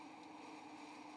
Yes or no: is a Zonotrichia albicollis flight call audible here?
no